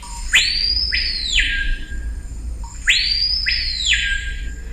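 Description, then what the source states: Screaming piha calling twice: a short low note, then an explosive whistle sweeping steeply upward and dropping back down, each phrase ringing loud and piercing. Mating song, among the loudest bird sounds, peaking about 116 decibels at one meter; played at reduced volume; lives in the midstory of the northern mountainous Brazilian Amazon.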